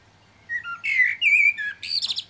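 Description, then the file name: Common blackbird singing a rich warbled phrase of fluty notes, finishing with a rapid scratchy high twitter. "Turdus merula"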